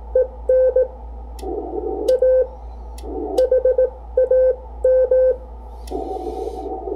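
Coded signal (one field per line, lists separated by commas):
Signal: Morse code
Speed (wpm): 18 wpm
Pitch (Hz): 510 Hz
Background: none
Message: EN A HAM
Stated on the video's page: Amateur radio CW ragchew and code practice.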